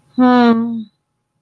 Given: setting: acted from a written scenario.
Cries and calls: vocal sound without words; shame

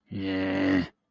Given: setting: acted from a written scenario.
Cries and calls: vocal sound without words; contempt

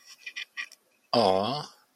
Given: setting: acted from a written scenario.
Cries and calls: vocal sound without words; adoration

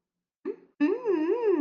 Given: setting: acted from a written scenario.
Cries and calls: vocal sound without words; interest

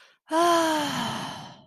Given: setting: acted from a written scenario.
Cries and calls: vocal sound without words; relief

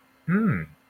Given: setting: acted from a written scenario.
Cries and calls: vocal sound without words; interest

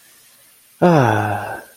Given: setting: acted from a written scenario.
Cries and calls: vocal sound without words; serenity

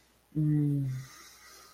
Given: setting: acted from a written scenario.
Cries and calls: vocal sound without words; guilt

